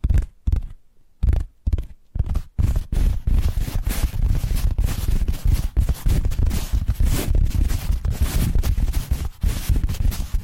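Tapping triggers begin as separate knocks with short silences between them, about two per second, during the first three seconds. The tapping then speeds into a dense, continuous patter of quick, overlapping taps with a full, thumpy low end and crisp clicks on top.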